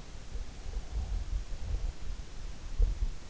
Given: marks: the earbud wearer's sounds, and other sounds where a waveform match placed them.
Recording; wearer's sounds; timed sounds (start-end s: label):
sounds in sleep by an in-ear microphone; breath
0.40-3.24 s: breath